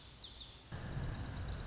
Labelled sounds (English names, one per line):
Lazuli Bunting